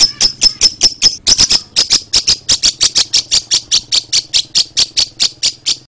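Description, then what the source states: Lovebird song made of sharp, high, clipped chirps repeated about two or three times a second, with a faint low hum underneath. Lovebird called Putri Mentaya.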